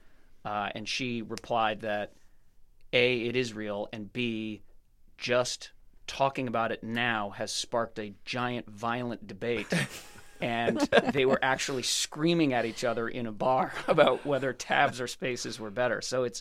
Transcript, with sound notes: And she replied that, A, it is real and B, just talking about it now has sparked a giant, violent debate.
(LAUGHTER)
And they were actually screaming at each other in a bar about whether tabs or spaces were better.